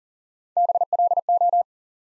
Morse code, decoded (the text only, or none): BLO